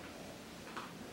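A release button is pressed and a plastic water tank is pulled off the pipe of a wet-mop vacuum. A short, drawer-like clunk at 0.8 s marks the tank unlatching and coming free.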